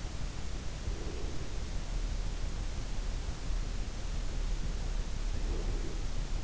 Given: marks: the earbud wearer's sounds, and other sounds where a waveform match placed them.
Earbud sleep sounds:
sounds in sleep by an in-ear microphone; breath
0.79-1.82 s: breath
5.32-6.44 s: breath

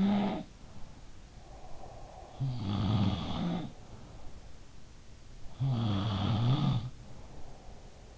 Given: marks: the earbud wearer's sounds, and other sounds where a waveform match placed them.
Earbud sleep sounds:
sounds in sleep by an in-ear microphone; breath
0.00-1.36 s: sound from someone else or the room
1.14-2.73 s: breath
2.31-4.91 s: sound from someone else or the room
5.33-8.18 s: sound from someone else or the room

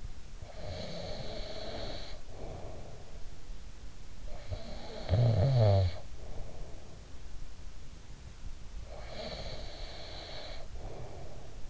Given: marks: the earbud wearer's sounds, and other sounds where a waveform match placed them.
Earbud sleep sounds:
sounds in sleep by an in-ear microphone; snoring breath, breath
0.00-3.47 s: snoring breath
3.99-7.21 s: snoring breath
8.54-11.69 s: breath

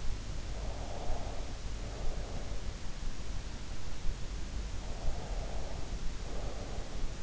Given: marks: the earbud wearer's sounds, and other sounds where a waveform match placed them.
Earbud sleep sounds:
sounds in sleep by an in-ear microphone; breath
0.50-2.56 s: breath
4.74-7.23 s: breath

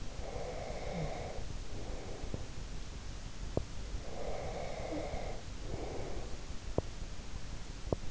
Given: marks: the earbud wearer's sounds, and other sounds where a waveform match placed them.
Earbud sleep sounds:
sounds in sleep by an in-ear microphone; breath, teeth grinding
0.08-2.51 s: breath
3.46-3.80 s: teeth grinding
4.09-6.51 s: breath
6.71-6.91 s: teeth grinding
7.86-8.06 s: teeth grinding

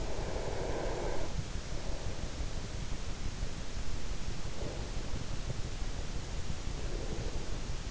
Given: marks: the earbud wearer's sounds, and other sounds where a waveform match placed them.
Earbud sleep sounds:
sounds in sleep by an in-ear microphone; breath
0.00-1.57 s: breath
6.51-7.47 s: breath

